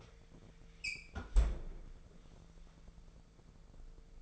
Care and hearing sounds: daily activity, microphone in the room; close fridge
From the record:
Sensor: 5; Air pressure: 1014.9 hPa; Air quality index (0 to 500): 177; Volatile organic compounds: 6 ppm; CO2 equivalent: 1945 ppm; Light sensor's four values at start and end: 66/154/65/71 and 77/179/78/86

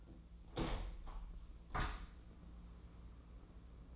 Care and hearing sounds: daily activity, microphone in the room; open window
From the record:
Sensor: 1

